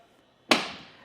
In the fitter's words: all we have to do is lift up until it clicks into place